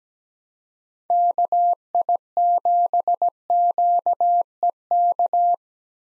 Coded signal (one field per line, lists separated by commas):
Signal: Morse code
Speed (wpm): 17 wpm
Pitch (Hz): 700 Hz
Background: none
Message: KI7QEK